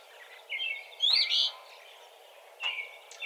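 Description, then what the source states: Eastern phoebe giving a short raspy, buzzy burst, with a few brief chirps before and after. Recorded 17 March 2007.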